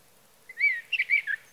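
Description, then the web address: Sage thrasher song phrase: a slurred whistle followed by a quick run of warbled, varied notes, with a quiet background. "birdsongforthecurious Sage Thrasher"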